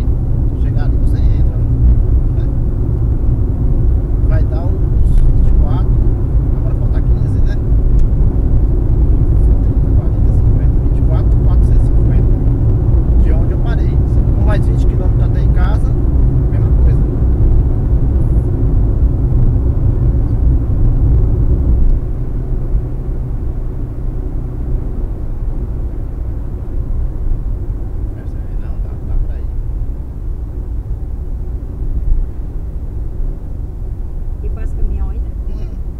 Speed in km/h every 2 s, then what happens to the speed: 100, 104, 108, 111, 115, 118, 119, 115, 111, 108, 106, 105, 100, 89, 83, 81, 79, 77.
0-13 speeds up to 119. 13-36 slows to 77.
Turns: none.